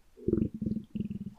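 Abdomen. Borborygmi: hunger stomach rumbling in an adult who last ate around 1 p.m. the previous day and has eaten nothing since, now at 10 a.m.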